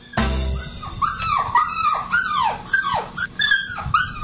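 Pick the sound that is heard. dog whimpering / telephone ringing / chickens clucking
dog whimpering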